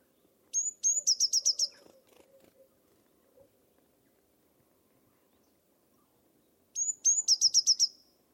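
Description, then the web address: Bird calls: two bursts of high, thin chirps, each a quick run of about eight sharp notes, several seconds apart, over a faint low hum. "cianscape. Deverinetal 2025. Bird Only"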